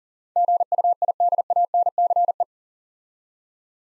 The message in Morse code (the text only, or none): GUIDANCE